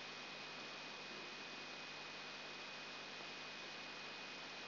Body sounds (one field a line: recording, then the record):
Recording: brain microelectrode recording played as sound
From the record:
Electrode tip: outside the subthalamic nucleus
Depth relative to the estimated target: -6 mm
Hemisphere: left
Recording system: AlphaMap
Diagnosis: Parkinson's disease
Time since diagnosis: 8 years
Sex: female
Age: 37 years